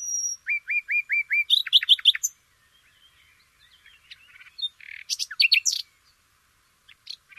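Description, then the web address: Nightingale song opening with a series of repeated rising whistles, then rapid chirps, a pause, and another quick burst of sharp notes. "shamanippon-2012 Nightingale"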